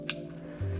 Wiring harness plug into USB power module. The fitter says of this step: So for the wiring, we're gonna take the middle part of the harness here and plug it into the module. Nice little click there.